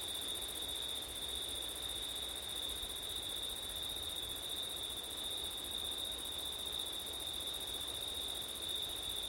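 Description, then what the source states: Crickets singing, a steady high-pitched trill held without a break, with a fainter second chorus higher up and soft wind noise beneath. Crickets recorded on a September night with wind.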